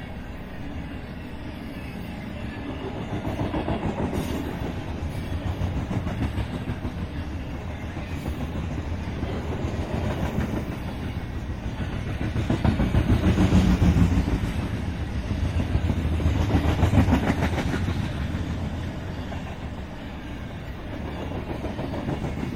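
A freight train rolls past, a continuous low rumble with a dense, rapid clatter of wheels over the rails. The noise swells and eases in waves, loudest around the middle, then holds steady as the cars keep passing to the end.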